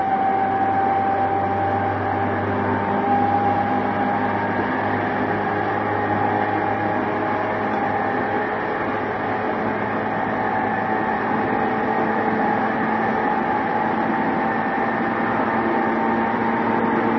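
Interior sound of a JR E233 series train running between Yokohama and Odawara: a steady, dense hum with a low drone and several sustained whining tones. A high whine briefly rises near the start and around three seconds, while the overall level stays even throughout.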